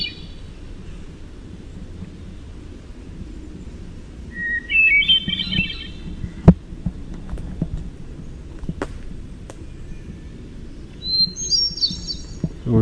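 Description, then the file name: Hermit thrush sings two spaced, fluty phrases, each opening on a lower note and leading into higher, tumbling notes, with a few sharp clicks and low background noise between phrases. "HETH song"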